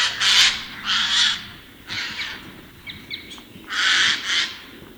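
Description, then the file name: Eurasian jay screeches, loud and raspy, several of them in pairs, with a few faint thin chirps from another bird in the middle. "Garrulus glandarius"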